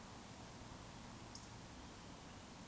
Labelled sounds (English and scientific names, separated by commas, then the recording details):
Eurasian Woodcock (Scolopax rusticola) whistle
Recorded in Baden-Württemberg, Germany, on 20 June 2020 at 20:05 UTC
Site 42618, 210 m above sea level